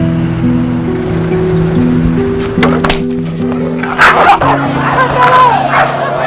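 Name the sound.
dogs barking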